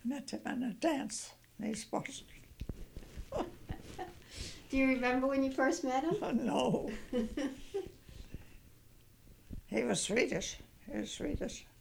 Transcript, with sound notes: Met him at a dance in East Boston. ( she laughs )
Do you remember when you first met him?
No. He was Swedish, he was Swedish.